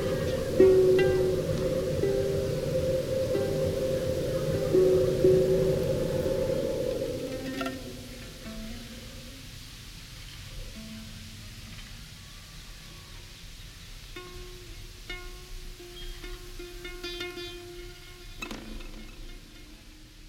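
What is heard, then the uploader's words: Wind-driven lute strings hum over a loud rushing roar that drops away after eight seconds, leaving quieter sustained ringing tones and scattered clicks. The soundscape on a mountain above the village of Ngang Nội, Vietnam, was captured together with acoustic recordings of aeolian lute playing. My recording setup gave me a very detailed representation of the interaction between the wind and my instrument, and of any action I would perform. From all sides, the noise from the surrounding villages was a constant, but distant, presence.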